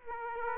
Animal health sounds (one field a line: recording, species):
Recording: mosquito wingbeat signal from an infrared sensor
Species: Aedes aegypti